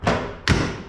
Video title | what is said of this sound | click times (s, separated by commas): Stihl HSA 56 Hedge Trimmer Full Review- Unboxing - Trimming Plants for winter | push it down firmly, locks into place. | 0.5 s